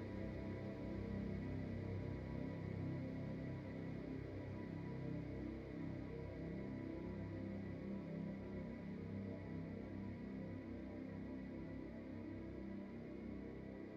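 A dense noise-wall drone built from nature field recordings, holding steady at a constant loudness for the whole stretch. Heavy low rumble dominates, with a churning, grainy texture in the lows and a fainter hiss and thin high tones above, never pausing or changing course.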